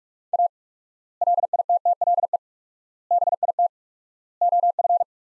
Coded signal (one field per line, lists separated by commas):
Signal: Morse code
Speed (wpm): 44 wpm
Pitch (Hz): 700 Hz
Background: none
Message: A LITTLE BIT OF